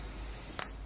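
A cable connector from a balcony solar panel system is pushed into its mating connector over a low steady background hum. A sharp double click lands at 0.6 s, and the connectors are seated and really connected.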